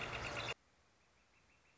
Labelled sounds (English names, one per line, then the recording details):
Northern Flicker
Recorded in Sonoma County, California